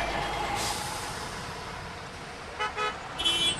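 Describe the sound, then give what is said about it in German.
Steady rumble of city-centre street traffic in Afghanistan with engines humming, then a couple of short car horn toots near the end, one brief and one longer and higher. No one speaks. “Immer neue Umgehungsstraßen werden gebaut, um den Verkehr im Zentrum vor dem Kollaps zu bewahren.”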